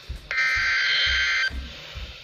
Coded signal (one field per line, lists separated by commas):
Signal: Emergency Alert System (SAME) tones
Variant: header bursts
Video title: EAS #1165 - Severe Thunderstorm Warning 7-21-2015